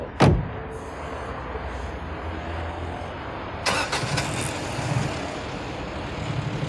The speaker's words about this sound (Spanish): lleno de ira, pone en marcha el coche.